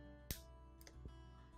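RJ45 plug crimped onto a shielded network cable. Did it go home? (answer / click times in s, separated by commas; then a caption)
yes / 0.3 s. An RJ45 plug on OCC CAT7 S/FTP shielded category cable is crimped with the back side of a ratcheting crimp tool, which releases a sharp, loud click at 0.3 s as the plug seats. Two fainter ticks follow at about 0.8 and 0.9 s, over a steady low hum.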